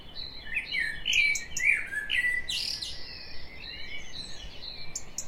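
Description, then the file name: Common blackbird singing rich, sliding whistled notes in the first half, then quieter, with high twittering notes throughout. "Turdus merula"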